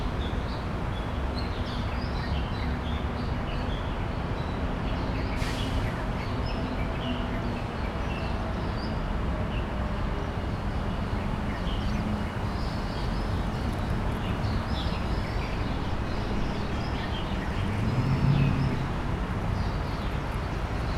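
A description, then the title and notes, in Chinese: Steady, dense city traffic rumbles low throughout, while high, bright bird calls chirp sporadically above it, with a brief louder swell near eighteen seconds. 傅園 原本是 臺北帝國大學 理農學部的 熱帶 植物園 。這段聲音,是在4月底錄製的!這城市的緊湊步調,搭配上高亢的鳥叫聲,是忙碌城市中低調的優雅。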